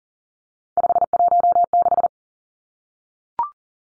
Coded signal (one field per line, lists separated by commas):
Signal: Morse code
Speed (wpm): 40 wpm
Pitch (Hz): 700 Hz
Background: none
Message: 516